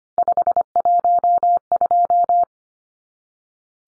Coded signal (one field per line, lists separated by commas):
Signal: Morse code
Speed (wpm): 25 wpm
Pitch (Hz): 700 Hz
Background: none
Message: 512